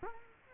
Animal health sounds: mosquito wingbeat signal from an infrared sensor; Culex quinquefasciatus

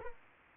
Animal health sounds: mosquito wingbeat signal from an infrared sensor; Anopheles arabiensis

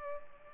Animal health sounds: mosquito wingbeat signal from an infrared sensor; Culex pipiens

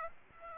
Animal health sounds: mosquito wingbeat signal from an infrared sensor; Aedes aegypti

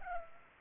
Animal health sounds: mosquito wingbeat signal from an infrared sensor; Culex pipiens

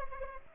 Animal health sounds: mosquito wingbeat signal from an infrared sensor; Culex pipiens

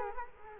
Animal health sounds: mosquito wingbeat signal from an infrared sensor; Culex quinquefasciatus

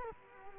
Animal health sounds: mosquito wingbeat signal from an infrared sensor; Culex quinquefasciatus

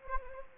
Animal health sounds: mosquito wingbeat signal from an infrared sensor; Anopheles gambiae

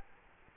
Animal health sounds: mosquito wingbeat signal from an infrared sensor; Culex quinquefasciatus

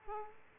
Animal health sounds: mosquito wingbeat signal from an infrared sensor; Aedes aegypti

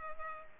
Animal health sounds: mosquito wingbeat signal from an infrared sensor; Culex pipiens

